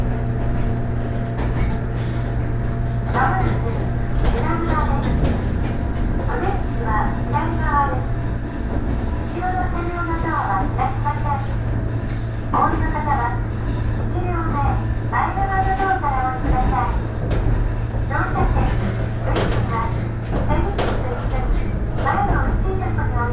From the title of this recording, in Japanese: 鉄道旅 福塩線 福山→道上